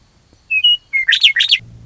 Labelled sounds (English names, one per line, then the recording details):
Western Meadowlark
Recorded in Sonoma County, California